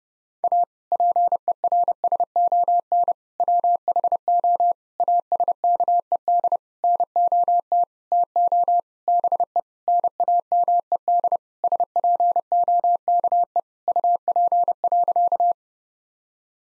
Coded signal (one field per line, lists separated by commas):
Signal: Morse code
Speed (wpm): 30 wpm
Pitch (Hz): 700 Hz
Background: none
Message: A PERSON WHO ASKED NOT TO BE NAMED SPOKE UP.